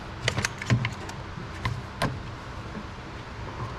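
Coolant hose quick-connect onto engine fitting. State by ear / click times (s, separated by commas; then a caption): not seated / none. A coolant hose quick-connector is being handled and lined up with its fitting on an Audi S4/S6/A6 3.0 TFSI engine, producing a few sharp knocks and rattles at 0.3, 0.5, 0.7, 0.9 and 2.0 s over a low background hum. The clip ends before the part goes home, and the connector has not yet seated or clicked in.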